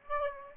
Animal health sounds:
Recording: mosquito wingbeat signal from an infrared sensor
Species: Aedes aegypti

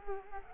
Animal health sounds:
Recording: mosquito wingbeat signal from an infrared sensor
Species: Culex quinquefasciatus

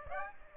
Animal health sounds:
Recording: mosquito wingbeat signal from an infrared sensor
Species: Aedes aegypti

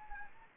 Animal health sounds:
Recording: mosquito wingbeat signal from an infrared sensor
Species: Anopheles gambiae

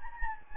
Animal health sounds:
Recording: mosquito wingbeat signal from an infrared sensor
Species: Anopheles gambiae

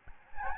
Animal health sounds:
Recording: mosquito wingbeat signal from an infrared sensor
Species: Aedes albopictus

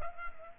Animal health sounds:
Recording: mosquito wingbeat signal from an infrared sensor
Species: Culex pipiens

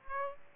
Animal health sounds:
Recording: mosquito wingbeat signal from an infrared sensor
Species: Aedes aegypti

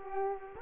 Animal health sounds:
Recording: mosquito wingbeat signal from an infrared sensor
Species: Culex quinquefasciatus

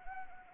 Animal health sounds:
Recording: mosquito wingbeat signal from an infrared sensor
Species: Anopheles arabiensis

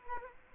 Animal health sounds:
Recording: mosquito wingbeat signal from an infrared sensor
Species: Culex quinquefasciatus

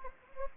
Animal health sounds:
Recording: mosquito wingbeat signal from an infrared sensor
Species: Anopheles gambiae

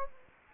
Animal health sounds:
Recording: mosquito wingbeat signal from an infrared sensor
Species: Anopheles gambiae

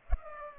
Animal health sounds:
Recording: mosquito wingbeat signal from an infrared sensor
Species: Culex pipiens

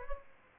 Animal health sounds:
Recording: mosquito wingbeat signal from an infrared sensor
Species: Aedes aegypti

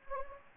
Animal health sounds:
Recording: mosquito wingbeat signal from an infrared sensor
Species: Anopheles gambiae

